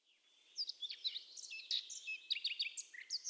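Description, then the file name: Eurasian blackcap giving a short burst of rapid, high, jumbled warbling notes, sharp and varied, with no pauses. "Sylvia atricapilla"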